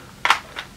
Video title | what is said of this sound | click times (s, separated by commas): Holiday 2014: Bare Minerals Convertible Eye Shadow Palette | right back in, and you'll hear it snap. And I didn't snap it in very well, so let's put it back. | 0.2 s